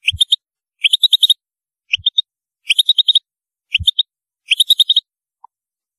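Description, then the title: European goldfinch song phrases: short rising note followed by a quick run of tinkling notes, repeated about every second, with soft low thumps. "Chant Chardonneret"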